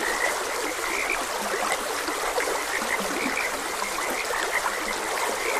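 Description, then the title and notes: Croaking frogs call in a thick, continuous chorus, with occasional lower croaks standing out, over the constant rush of a stream. Frogs croaking beside a gentle stream. "Gentle Stream and Frogs Croaking - Calming Sounds of Nature. Sleep and Relaxation Podcast"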